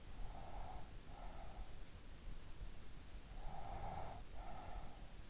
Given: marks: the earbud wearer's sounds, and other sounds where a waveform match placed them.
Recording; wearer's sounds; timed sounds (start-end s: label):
sounds in sleep by an in-ear microphone; breath
0.00-2.01 s: breath
3.28-5.27 s: breath